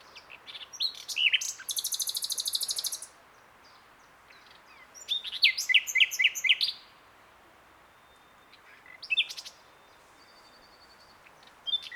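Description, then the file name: Common nightingale song: a long, very fast high buzzy trill, then a phrase of loud repeated sharp notes, later quieter scattered notes. "Luscinia megarhynchos"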